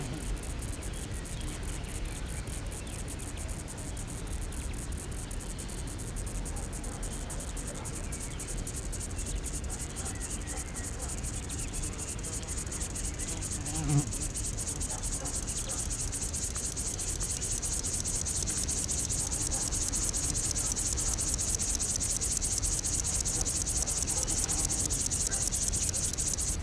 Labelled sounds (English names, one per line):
Upland Field Grasshopper stridulation